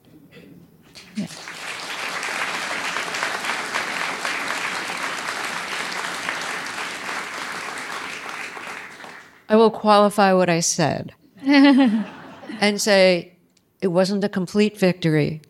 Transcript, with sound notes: Yeah.
(APPLAUSE)
I will qualify what I said...
(LAUGHTER)
...And say it wasn't a complete victory.